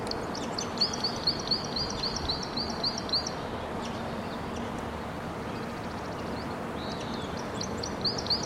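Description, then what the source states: White-winged Crossbill song: a fast series of high repeated chips early on, then quieter notes and a second short burst at the end, over steady hiss. Red male still sitting and singing after playback of its song drew no response.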